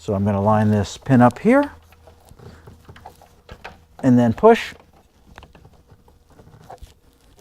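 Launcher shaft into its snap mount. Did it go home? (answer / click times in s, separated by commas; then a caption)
yes / 5.4 s. Someone talks while a pin is lined up and a ball cannon's launcher shaft is pushed a little further into its snap mount, with quiet handling taps between the words. At 5.4 s a sharp snap is heard as the shaft snaps home and seats in place.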